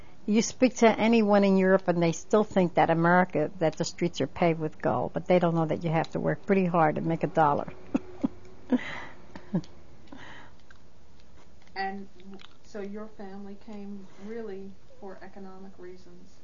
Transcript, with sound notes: You speak to anyone in Europe and they still think that America the streets are paved with gold. They don't know that you have to work pretty hard to make a dollar. (She laughs)
And, so your family came really for economic reasons.